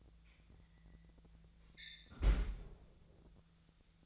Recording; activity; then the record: daily activity, microphone in the room; close fridge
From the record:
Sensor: 3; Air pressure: 1009.6 hPa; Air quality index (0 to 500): 195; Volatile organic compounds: 16 ppm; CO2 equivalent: 2541 ppm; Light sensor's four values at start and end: 33/83/35/37 and 34/85/36/38